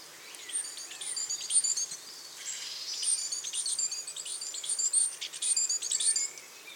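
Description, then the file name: Great tit giving high, squeaky twittering calls in overlapping bursts, fading in and out against a faint steady hiss. "Parus major"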